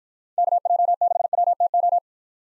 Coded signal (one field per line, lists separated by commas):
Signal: Morse code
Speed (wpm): 52 wpm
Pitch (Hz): 700 Hz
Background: none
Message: KJ6WTO